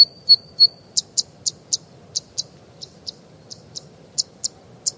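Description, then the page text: Zitting cisticola giving sharp, single high ticking notes repeated about three times a second in a steady series, over a faint low background hum. Japanese subspecies brunniceps, recorded in Japan; call is a single 'ti' note, sometimes given repeatedly in series. "棕扇尾鶯. Teruo Furushima, Wild Bird Songs in Japan, 日本"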